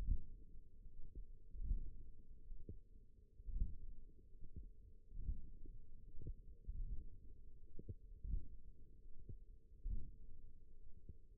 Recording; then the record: forearm muscle sounds (acoustic myography)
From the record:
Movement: hook grip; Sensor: system 1, eight BSWA MPA416 microphones around the upper forearm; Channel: 2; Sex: female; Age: 20 years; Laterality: right